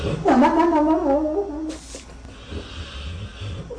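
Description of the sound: A single squeaky, wavering, quack-like tone lasts about a second and a half, then fades into soft, noisy breathing. It is a dog snoring, with a nasal, duck-like voice that could pass for a person snoring.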